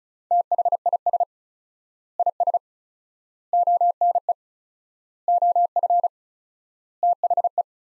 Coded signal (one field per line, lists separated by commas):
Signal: Morse code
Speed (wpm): 36 wpm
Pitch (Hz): 700 Hz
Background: none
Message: THIS IS ONE OF THE